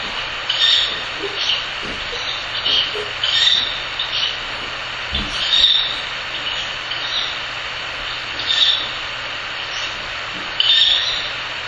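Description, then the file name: Owlet's hissing calls, rasping breathy bursts spaced irregularly a few seconds apart, with a few faint clicks and steady background hiss. Owl chick (owlet). "フクロウ雛"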